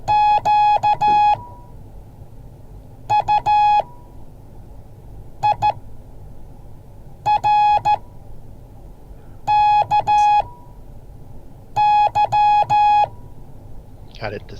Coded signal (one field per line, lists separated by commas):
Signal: Morse code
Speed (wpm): 14 wpm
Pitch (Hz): 840 Hz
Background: speech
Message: QUIRKY